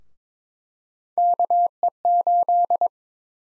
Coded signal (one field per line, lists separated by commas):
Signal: Morse code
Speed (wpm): 22 wpm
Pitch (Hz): 700 Hz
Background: none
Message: KE8